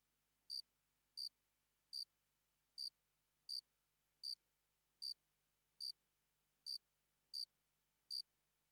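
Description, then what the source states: Cricket chirping: many sharp high chirps at slightly uneven intervals, quiet otherwise. Single cricket, sparse calling.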